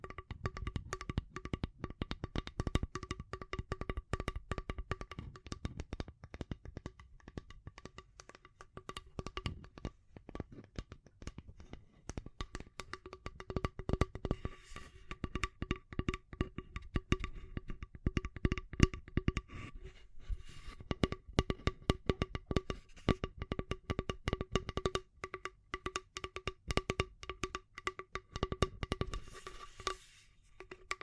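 Rapid, dense tapping and scratching runs throughout, crisp clicks over a faint steady hum with tones around the lower middle and higher up.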